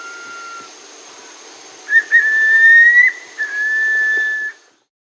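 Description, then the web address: Striolated puffbird call: a long, clear whistle, slightly rising then level, broken by a short dip, over a steady faint hiss. Recorded in Peru, Amazon region. "Birds of the Amazon. Striolated Puffbird (Nystalus striolatus), Peru"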